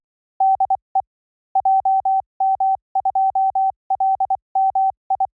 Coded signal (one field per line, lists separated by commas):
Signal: Morse code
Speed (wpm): 24 wpm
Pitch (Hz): 780 Hz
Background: none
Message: DE JM2LMI